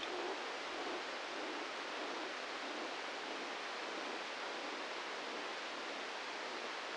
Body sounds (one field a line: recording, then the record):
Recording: brain microelectrode recording played as sound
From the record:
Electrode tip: inside the subthalamic nucleus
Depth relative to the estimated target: 1 mm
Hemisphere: left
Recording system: NeuroSet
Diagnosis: Parkinson's disease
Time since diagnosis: 15 years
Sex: male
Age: 65 years